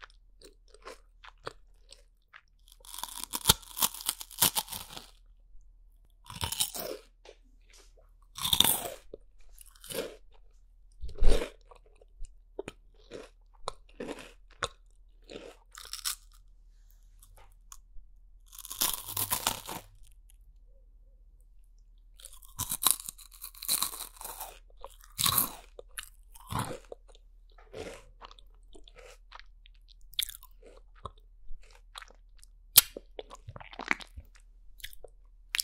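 Eating sounds made of crisp crunches and wet chewing, coming in irregular bursts with short quiet gaps between them. Louder crunches land around 3, 8, 11, 19 and 25 seconds, and a faint steady low hum sits underneath throughout.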